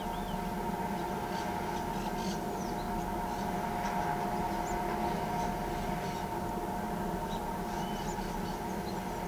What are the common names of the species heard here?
none